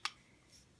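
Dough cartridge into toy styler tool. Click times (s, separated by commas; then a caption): 0.0 s. A plastic play-dough cartridge is pushed into a toy styler tool until it seats. A single sharp click sounds at 0.05 seconds, followed by a faint, softer tick around 0.5 seconds. The cartridge is seated in the styler.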